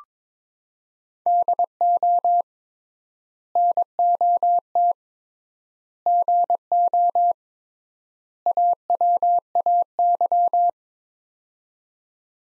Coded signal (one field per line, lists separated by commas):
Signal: Morse code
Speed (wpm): 22 wpm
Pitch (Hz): 700 Hz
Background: none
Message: DO NOT GO AWAY